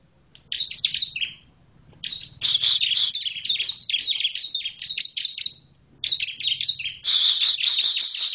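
Bar-winged prinia song: bursts of fast, high, sharp chirping notes in runs with short breaks, with a low steady hum underneath.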